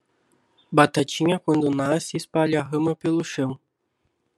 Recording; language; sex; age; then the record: short text; Brazilian Portuguese; male; 20 to 29 years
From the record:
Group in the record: control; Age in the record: 22 years